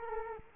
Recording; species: mosquito wingbeat signal from an infrared sensor; Culex quinquefasciatus